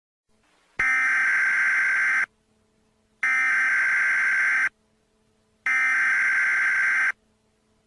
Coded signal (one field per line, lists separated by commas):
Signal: Emergency Alert System (SAME) tones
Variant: header bursts